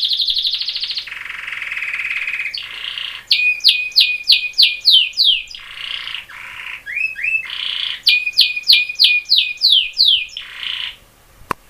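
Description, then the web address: Bird song: a loud, varied phrase of buzzy notes and rapid rising-falling whistled sweeps, repeated twice, with harsh rasping segments in between. "Birds Lucianosong"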